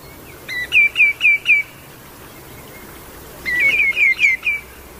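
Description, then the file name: Common greenshank: two series of clear, ringing, slightly falling notes, several each, with a quiet gap between. "tieng chim choat bung trang lon keu"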